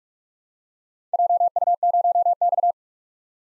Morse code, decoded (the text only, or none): JU0X